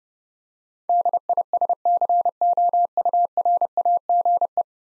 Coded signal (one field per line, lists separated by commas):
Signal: Morse code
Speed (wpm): 28 wpm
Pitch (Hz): 700 Hz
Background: none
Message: DISCOURAGE